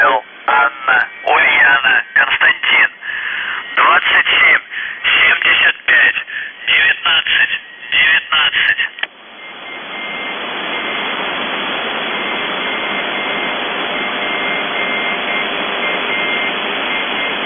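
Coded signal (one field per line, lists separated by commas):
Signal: numbers station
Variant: UVB-76 (The Buzzer)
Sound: a male voice reads a short message over shortwave, then only hiss and static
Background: radio static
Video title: The Buzzer/UVB-76(4625Khz) July 5, 2021 08:06UTC Voice message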